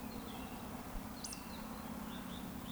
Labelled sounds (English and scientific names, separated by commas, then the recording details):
Eurasian Woodcock (Scolopax rusticola) whistle
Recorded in Baden-Württemberg, Germany, on 13 June 2020 at 19:31 UTC
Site 14569, 102 m above sea level